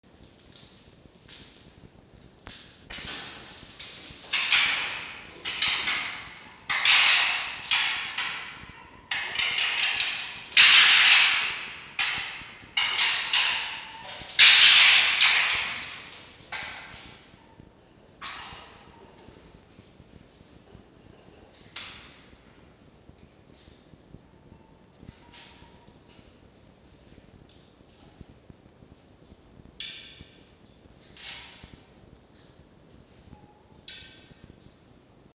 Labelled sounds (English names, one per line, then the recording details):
Red Fox
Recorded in captivity
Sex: group
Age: diverse
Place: Zoologisches Institut der HUB, Berlin, DE
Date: 1952-09-18 19:20
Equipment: Elmetra
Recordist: Tembrock, Günter
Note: Toni: helles Keckern, Winseln (leise); Mucki: Angstwinseln; Jupp: Muffen (mit Fleisch)